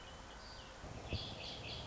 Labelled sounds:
Red-winged Blackbird
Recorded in Sonoma County, California

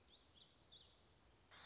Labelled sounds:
Warbling Vireo
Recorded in Sonoma County, California

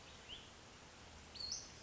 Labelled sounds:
Western Flycatcher
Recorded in Sonoma County, California

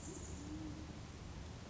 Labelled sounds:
Band-tailed Pigeon
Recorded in Sonoma County, California

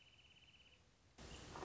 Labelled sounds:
Wrentit
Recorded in Sonoma County, California

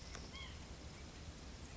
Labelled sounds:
White-breasted Nuthatch
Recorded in Sonoma County, California

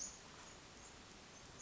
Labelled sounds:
Western Flycatcher
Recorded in Sonoma County, California

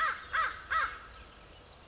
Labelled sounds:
American Crow
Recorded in Sonoma County, California

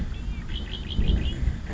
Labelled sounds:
Red-winged Blackbird
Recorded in Sonoma County, California

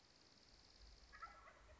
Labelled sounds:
Wild Turkey
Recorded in Sonoma County, California

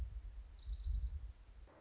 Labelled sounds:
Orange-crowned Warbler
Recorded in Sonoma County, California

